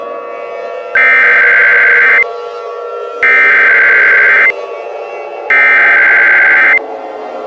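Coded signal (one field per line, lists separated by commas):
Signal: Emergency Alert System (SAME) tones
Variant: header bursts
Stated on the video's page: Simulated EAS mock of a PDS tornado warning, made for entertainment and not produced with actual EAS equipment.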